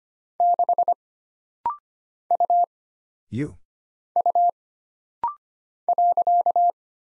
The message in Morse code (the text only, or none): 6 U U .